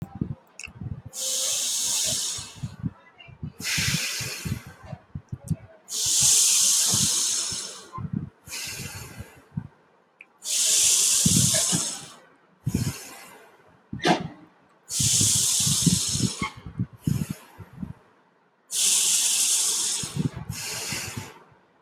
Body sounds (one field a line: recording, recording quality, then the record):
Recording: deep breathing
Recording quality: excellent, no background noise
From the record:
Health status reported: healthy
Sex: male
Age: 23 years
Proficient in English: yes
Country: India